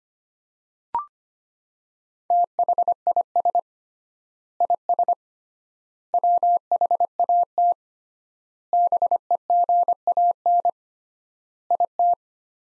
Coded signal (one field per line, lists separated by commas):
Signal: Morse code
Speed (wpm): 25 wpm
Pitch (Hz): 700 Hz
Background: none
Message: THIS IS WHAT BEGAN IT